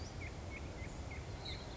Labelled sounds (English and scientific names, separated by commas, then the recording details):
Western Flycatcher (Empidonax difficilis)
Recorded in Sonoma County, California